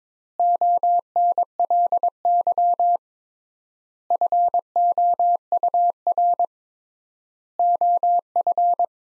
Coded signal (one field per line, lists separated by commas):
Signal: Morse code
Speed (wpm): 22 wpm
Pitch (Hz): 700 Hz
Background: none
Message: ONLY FOUR OF